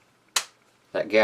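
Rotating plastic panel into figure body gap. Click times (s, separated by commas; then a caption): 0.4 s. A rotating plastic panel on an MP-13 Soundwave transforming figure is pressed into a gap in the figure's body, giving one sharp, loud snap at 0.4 s as it seats and fills the gap. Someone then talks.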